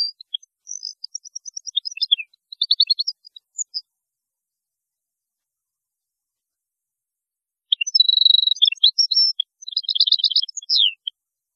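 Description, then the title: European goldfinch song in two bouts separated by several seconds of quiet, each a fast liquid twittering with buzzy trills and tinkling repeated notes. "Chant Chardonneret"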